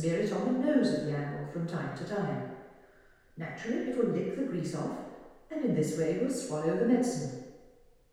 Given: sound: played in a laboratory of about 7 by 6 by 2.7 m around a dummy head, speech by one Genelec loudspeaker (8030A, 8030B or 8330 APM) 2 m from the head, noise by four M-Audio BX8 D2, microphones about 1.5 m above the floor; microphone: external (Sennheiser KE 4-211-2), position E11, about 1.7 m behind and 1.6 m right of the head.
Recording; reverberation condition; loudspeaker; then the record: female speech in English; high; in front (0 degrees)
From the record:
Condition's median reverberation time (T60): about 1300 ms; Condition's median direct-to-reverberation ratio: about -4.0 dB